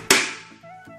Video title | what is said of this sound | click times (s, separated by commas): TROLLEY GEAR REPLACEMENT | press it down, and it will snap into place. | 0.1 s